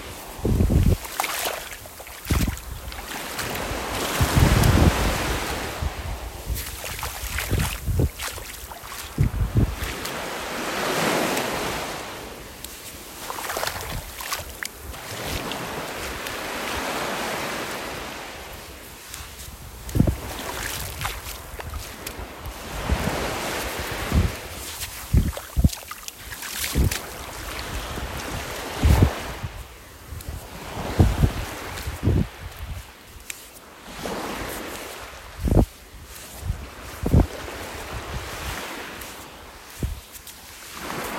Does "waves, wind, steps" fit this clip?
yes